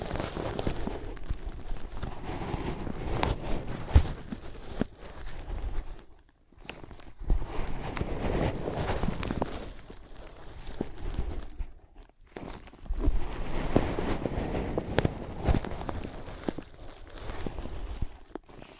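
Ear pads are scratched and tapped in dense, rustling bursts, with soft thumps underneath and a sharp tap near four seconds. The texture runs in three long stretches, broken by brief pauses around six and twelve seconds.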